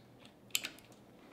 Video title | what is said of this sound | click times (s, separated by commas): Easy Viqua VH200 F10 UV System Maintenance | you have to slide it right down till it clicks I don't know if you heard that or not but it needs to click in place okay great so we've got that part of it done | 0.6 s